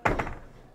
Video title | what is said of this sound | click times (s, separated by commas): British built steel cruiser with optional hybrid power - Piper 12 C Cruiser yacht tour - MBY | that clicks into place face and then you've got a forward- facing Navigator bench over on this side | 0.1 s